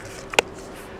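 An axis lock on the arm of a Scorp mini handheld camera gimbal (plastic and metal) is engaged so the arm cannot move and the motors go to sleep. A faint tick at 0.3 s leads into a sharp, bright click at 0.4 s over quiet background noise. The lock snaps into place and holds the arm fixed.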